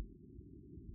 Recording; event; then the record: neck accelerometer signal played as sound; no cough (speech, laughter, throat clearing or background)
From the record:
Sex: male